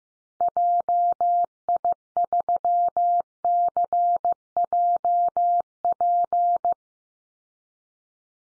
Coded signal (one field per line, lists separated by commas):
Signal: Morse code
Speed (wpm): 15 wpm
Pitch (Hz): 700 Hz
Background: none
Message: JI3CJP